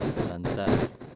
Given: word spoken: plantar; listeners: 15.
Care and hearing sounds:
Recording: one Spanish word in noise, from a listening test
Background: noise modulated by one talker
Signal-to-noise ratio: -8.4 dB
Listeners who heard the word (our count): 0 of 15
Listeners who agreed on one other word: 14 of 15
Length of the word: 0.75 s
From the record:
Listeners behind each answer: 14, 1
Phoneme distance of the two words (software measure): 17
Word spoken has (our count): 2 syllables, 7 phonemes, stress on syllable 2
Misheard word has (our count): 2 syllables, 6 phonemes, stress on syllable 2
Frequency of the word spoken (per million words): 3.67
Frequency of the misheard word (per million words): 24.15

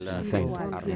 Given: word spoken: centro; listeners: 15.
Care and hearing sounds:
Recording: one Spanish word in noise, from a listening test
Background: four-talker babble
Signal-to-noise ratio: 0.1 dB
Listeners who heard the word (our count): 1 of 15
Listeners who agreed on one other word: 11 of 15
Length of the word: 0.56 s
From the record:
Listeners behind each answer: 11, 1, 1, 1, 1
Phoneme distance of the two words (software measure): 14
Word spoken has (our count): 2 syllables, 6 phonemes, stress on syllable 1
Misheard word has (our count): 3 syllables, 6 phonemes, stress on syllable 2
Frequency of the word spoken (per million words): 297.95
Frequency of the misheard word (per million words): 17.31

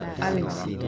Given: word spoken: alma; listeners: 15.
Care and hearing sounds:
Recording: one Spanish word in noise, from a listening test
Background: eight-talker babble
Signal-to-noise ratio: 0.4 dB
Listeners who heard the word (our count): 0 of 15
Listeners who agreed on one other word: 9 of 15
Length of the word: 0.48 s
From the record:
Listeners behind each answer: 9, 1, 1, 1, 1, 1, 1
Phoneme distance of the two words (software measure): 31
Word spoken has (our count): 2 syllables, 4 phonemes, stress on syllable 1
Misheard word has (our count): 2 syllables, 5 phonemes, stress on syllable 2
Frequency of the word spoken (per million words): 87.55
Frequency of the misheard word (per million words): 14.84

